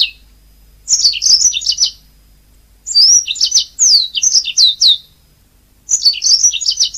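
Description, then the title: Oriental magpie-robin singing rich, rapid phrases of clear whistles and slurred notes, delivered in several bursts with short silent gaps between them. "Kicau Kacer"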